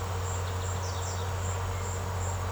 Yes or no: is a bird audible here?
yes